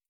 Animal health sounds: hydrophone in a shrimp aquaculture tank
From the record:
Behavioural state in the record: stressed

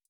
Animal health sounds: hydrophone in a shrimp aquaculture tank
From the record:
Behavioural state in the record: feeding

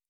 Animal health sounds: hydrophone in a shrimp aquaculture tank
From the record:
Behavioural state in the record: normal

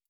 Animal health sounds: hydrophone in a shrimp aquaculture tank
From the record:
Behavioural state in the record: stressed

